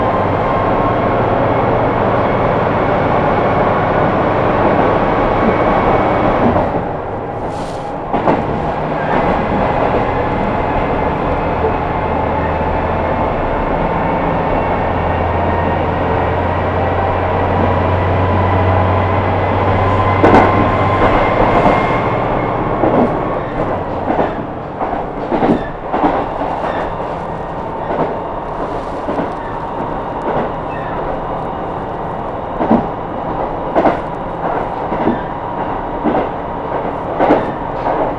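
A train ride on the Kyūdai Main Line, from Hita toward Tanushimaru. A steady low rumble and rolling noise fill the first twenty seconds, with a faint whine holding underneath. After that the noise thins, and sharp clicks and knocks break through irregularly until the end.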